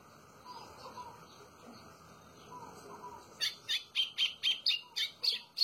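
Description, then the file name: White-throated seedeater song, a run of about ten loud, high, sharp notes repeated several times a second in the last half, after faint lower background chirps. "canto do golinho"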